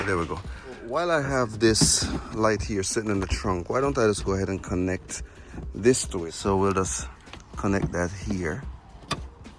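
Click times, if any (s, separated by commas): 9.1 s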